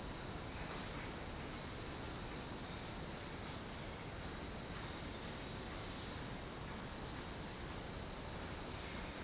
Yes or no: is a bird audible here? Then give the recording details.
no. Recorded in secondary vegetation near Puerto Asís, Putumayo, Colombia, on 13 March 2025 at 08:30. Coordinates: 0.484, -76.319. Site G010